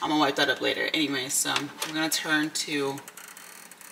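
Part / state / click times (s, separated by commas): locking lever on a capsule espresso machine head / seated / 3.7 s, 3.8 s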